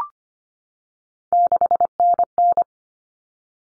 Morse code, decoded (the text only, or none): 6NN